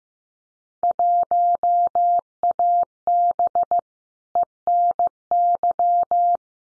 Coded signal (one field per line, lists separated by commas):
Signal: Morse code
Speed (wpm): 15 wpm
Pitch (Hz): 700 Hz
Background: none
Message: 1AB ENY